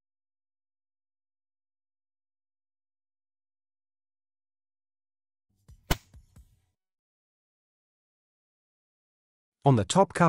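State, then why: Seated. A trip indicator contact module is fitted into its accessory slot in an ETIBREAK NBS moulded case circuit breaker housing the same way as the auxiliary contact: the bottom part goes in first, then the top is pressed down. After silence, a few faint handling taps surround one sharp click at 5.9 s as the module seats. Someone talks at the end.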